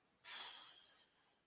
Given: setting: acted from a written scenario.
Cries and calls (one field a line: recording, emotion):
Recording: vocal sound without words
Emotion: guilt